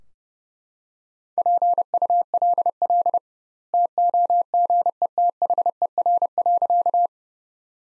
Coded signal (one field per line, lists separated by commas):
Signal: Morse code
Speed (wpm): 32 wpm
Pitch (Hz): 700 Hz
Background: none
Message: PULL TOGETHER.